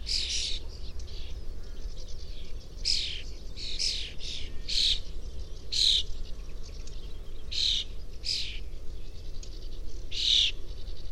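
Bird chirps, loud bright calls repeated roughly every second or two, with a steady low hum of background noise throughout.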